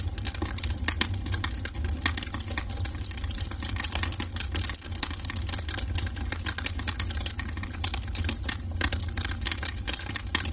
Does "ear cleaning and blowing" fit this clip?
no